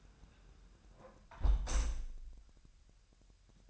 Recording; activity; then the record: daily activity, microphone in the room; close window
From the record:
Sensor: 2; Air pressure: 999.8 hPa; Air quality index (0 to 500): 228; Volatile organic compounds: 59 ppm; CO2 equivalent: 3403 ppm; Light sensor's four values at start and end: 8/20/8/8 and 8/19/8/8